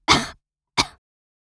Teenage girl coughing heavily.